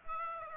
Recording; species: mosquito wingbeat signal from an infrared sensor; Aedes aegypti